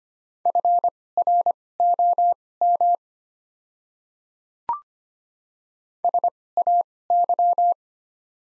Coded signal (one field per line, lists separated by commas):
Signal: Morse code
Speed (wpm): 25 wpm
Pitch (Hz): 700 Hz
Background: none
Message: FROM SAY